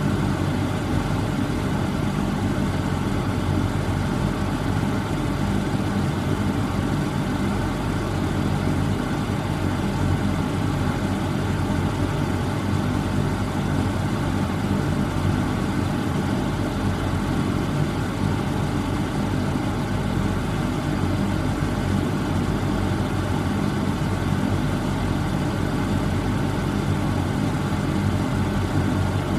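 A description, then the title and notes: A kitchen hood fan runs on high, a steady, unchanging roar for the whole stretch. The sound is dense, weighted toward a low rumble with a faint hum underneath and a soft airy hiss above. Nothing else interrupts it. Kitchen hood fan on high.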